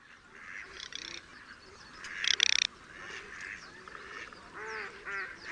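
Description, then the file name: Garganey producing a quick crackling rattle, preceded by a softer rattle, among scattered bird chirps and a few low nasal calls. "cyranka"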